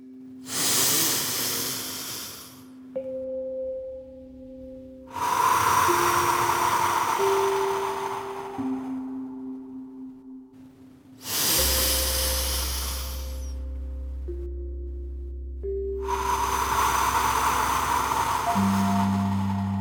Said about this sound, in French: Pour débuter, je vous invite à fermer les yeux et à respirer profondément. Inspirez par le nez et expirez par la bouche, comme ceci.